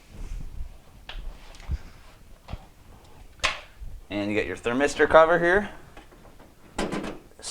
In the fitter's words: just push it in and snap it